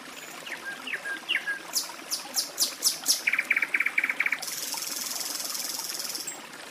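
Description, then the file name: Nightingale song: rapid repeated rising notes, then a fast run of loud clicking notes and a long high buzzy trill. Sung beside a forest stream. "Penie ptic - Solovej u lesnogo ruchya"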